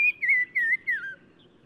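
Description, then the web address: Black-crowned tchagra song: a clear whistled phrase of four slurred notes, gently wavering and falling in pitch, then quiet. Recorded in Morocco. "Black-crowned Tchagra. new sound approach title morocco"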